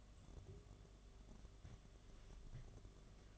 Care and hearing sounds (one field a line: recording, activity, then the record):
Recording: daily activity, microphone in the room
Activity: take from stove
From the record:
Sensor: 4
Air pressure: 1011.1 hPa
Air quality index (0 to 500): 144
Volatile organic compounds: 3 ppm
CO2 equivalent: 1477 ppm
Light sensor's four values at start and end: 189/491/208/216 and 178/463/196/204